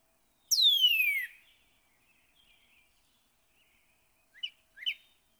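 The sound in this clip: Northern cardinal whistling one long, clear downslurred note, then two short chips near the end.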